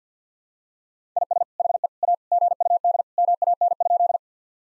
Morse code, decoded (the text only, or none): IS HE A GUD MAN?